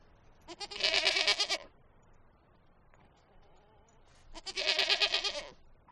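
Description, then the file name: Goat giving two loud, nasal, quavering bleats about four seconds apart, with a faint thin wavering sound between them. "Goat Bleating"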